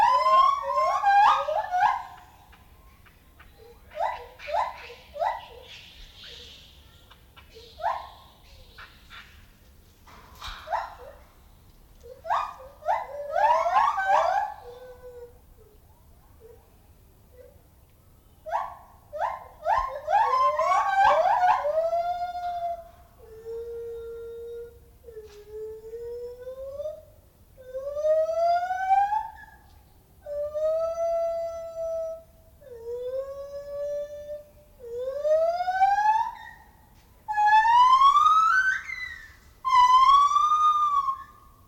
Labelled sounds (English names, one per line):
Lar Gibbon call